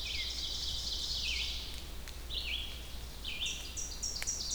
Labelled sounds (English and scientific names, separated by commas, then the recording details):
Red-eyed Vireo (Vireo olivaceus) song
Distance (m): 20 m
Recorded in boreal forest in Alberta, Canada, on 2 June 2016 at 07:47
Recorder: SongMeter 3, array SBT-3-7
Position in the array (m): 86 m, 123 m